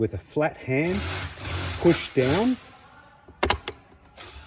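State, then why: Seated. Someone talks while the lower mirror glass of a Clearview Next Gen towing mirror is pressed with a flat hand onto its backing plate in the towing mirror head. Sharp clicks at 3.4 s and 3.7 s mark the glass seating in place, followed by a softer knock.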